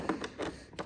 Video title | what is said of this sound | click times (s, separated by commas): Star Wars: The Vintage Collection Boba Fett's Slave 1 ship (Empire Strikes Back) 2020 Hasbro | kind of like that there you go that clicks right in | 0.1 s